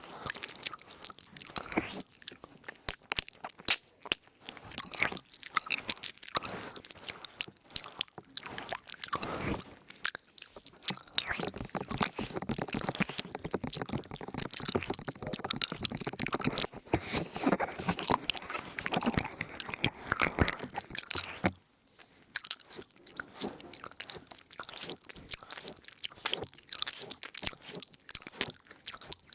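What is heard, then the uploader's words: Ear noms and brushing: dense, crackly crunching and chewing-like sounds run almost without pause, packed with quick irregular clicks and scrapes. The texture thickens between about 10 and 21 seconds, breaks off in a brief silence near 21 seconds, then resumes slightly sparser. ASMR Ear Noms & Brushing for Tingle Immunity 100% Tingles Mouth Sounds Christmas ASMR.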